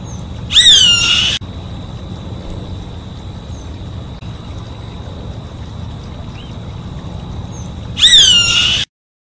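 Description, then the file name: Crane hawk calling twice, about seven seconds apart, each a sharp descending whistled scream under a second long; quiet hiss and a thin steady tone between calls. "Canto do gaviao pernilongo"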